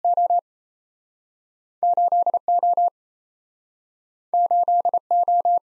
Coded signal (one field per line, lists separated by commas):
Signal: Morse code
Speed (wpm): 38 wpm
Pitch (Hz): 700 Hz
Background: none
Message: O 8O 8O